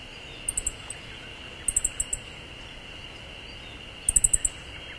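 Siberian bunting calling: three clusters of very high, thin ticking notes, four to five quick ticks each, over a steady insect drone.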